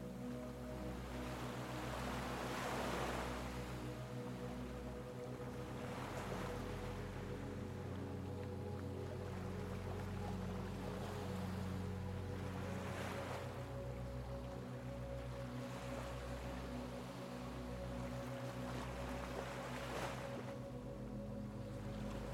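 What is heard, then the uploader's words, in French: Soft ocean waves swell and wash in every few seconds over a steady, sustained low melodic drone that holds throughout. VAGUES Océaniques Apaisantes et MELODIES Relaxantes. Combinant des sons de la nature et des compositions musicales relaxantes.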